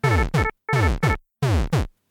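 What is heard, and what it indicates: Three rich, low double thumps, about 85 a minute: a synthesized heartbeat-style medical alarm signalling a cardiac alert, using an environmental sound as a metaphor for the event so its meaning is easy to learn, one of the new alarms Judy has been developing in place of traditional bell- and horn-based alarms.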